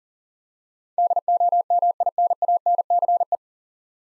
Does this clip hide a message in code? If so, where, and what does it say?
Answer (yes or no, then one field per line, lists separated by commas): yes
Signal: Morse code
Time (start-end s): 1.0-3.4 s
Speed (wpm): 37 wpm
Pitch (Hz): 700 Hz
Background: none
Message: DOMINANCE